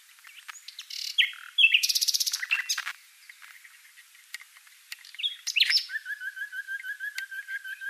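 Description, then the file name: Common nightingale song: varied phrases of rapid buzzy trills, sharp clicks and whistled notes, ending in a long series of fast repeated chirps. "Luscinia megarhynchos"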